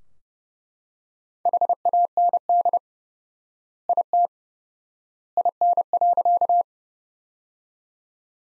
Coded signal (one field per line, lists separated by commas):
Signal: Morse code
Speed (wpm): 30 wpm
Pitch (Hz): 700 Hz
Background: none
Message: HAND IT IN.